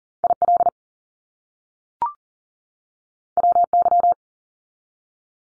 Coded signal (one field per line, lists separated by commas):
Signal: Morse code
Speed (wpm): 41 wpm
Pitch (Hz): 700 Hz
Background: none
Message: IL WY